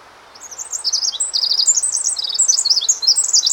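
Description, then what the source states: Pacific wren singing a fast, high cascade of jumbled trills and chips, rising in loudness after a quiet start and continuing unbroken to the end. Male sings perched on a snag about 10 to 15 feet above ground in forest; commonly heard; song packs very many fast notes into a short time.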